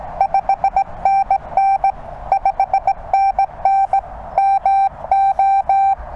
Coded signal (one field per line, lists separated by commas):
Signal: Morse code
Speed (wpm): 18 wpm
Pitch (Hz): 780 Hz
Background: none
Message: 5NN 5NN MO